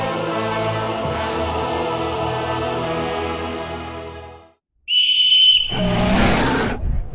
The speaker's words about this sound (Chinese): 卡德加吹响了召唤狮鹫的哨子，只有一头狮鹫响应了卡德加的召唤，而且他还在加罗纳靠近时昂头表示不满。